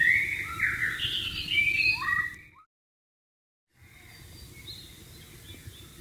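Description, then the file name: White-rumped shama song, a dense run of loud, varied whistles and warbles for over two seconds, then a sudden break in the sound and faint background afterwards. Wild bird, recorded in the wild. "suara burung murai batu di alam liar"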